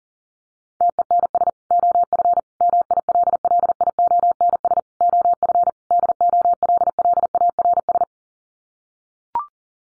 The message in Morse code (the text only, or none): TENS OF MILLIONS OF DOLLARS